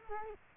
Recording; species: mosquito wingbeat signal from an infrared sensor; Culex quinquefasciatus